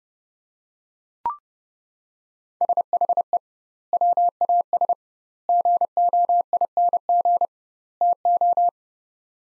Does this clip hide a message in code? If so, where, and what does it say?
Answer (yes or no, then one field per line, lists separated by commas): yes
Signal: Morse code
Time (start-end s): 2.6-8.7 s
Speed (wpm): 30 wpm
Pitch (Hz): 700 Hz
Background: none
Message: SHE WAS GOING TO